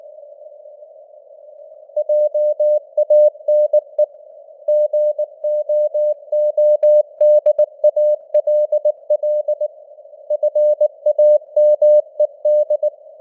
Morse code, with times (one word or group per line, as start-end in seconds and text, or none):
2.0-4.0 JANE
4.7-9.7 GOODALL
10.3-12.9 FAMED